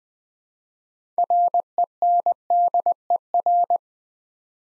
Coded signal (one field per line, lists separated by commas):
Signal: Morse code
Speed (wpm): 20 wpm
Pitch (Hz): 700 Hz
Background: none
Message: RENDER